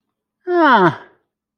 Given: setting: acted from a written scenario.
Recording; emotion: vocal sound without words; negative surprise